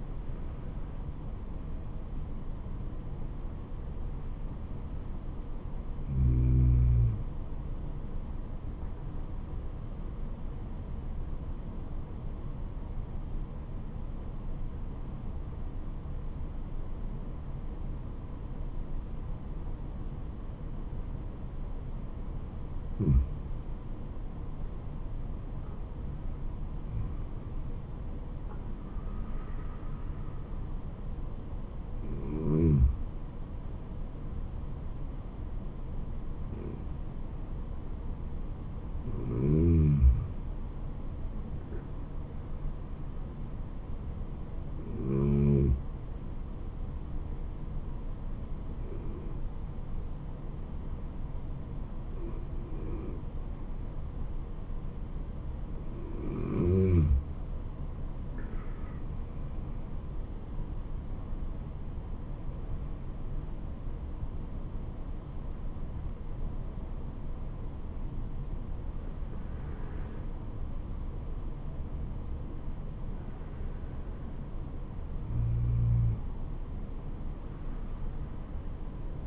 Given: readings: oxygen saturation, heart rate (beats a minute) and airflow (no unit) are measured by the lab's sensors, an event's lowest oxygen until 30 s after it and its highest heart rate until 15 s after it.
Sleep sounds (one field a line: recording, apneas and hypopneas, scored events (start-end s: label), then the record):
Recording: breathing in sleep by a smartphone at the bedside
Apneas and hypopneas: 2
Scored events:
5.00-25.70 s: hypopnea (N2, oxygen 97% highest, then 94% lowest, heart rate 71 at the start, 76 highest)
42.00-59.60 s: hypopnea (N2, oxygen 95% highest, then 93% lowest, heart rate 74 at the start, 76 highest)
56.00-79.27 s: new sleep stage, N1 (lightest sleep)
From the record:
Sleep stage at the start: N2 (light sleep)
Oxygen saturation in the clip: 90 to 97%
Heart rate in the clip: 67 to 77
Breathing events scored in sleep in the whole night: 426 in 7.4 hours asleep